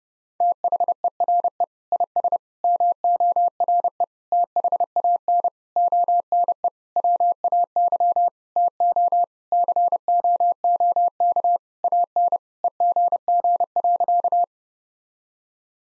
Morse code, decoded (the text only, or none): THERE IS MORE THAN ONE WAY TO COOK AN EGG.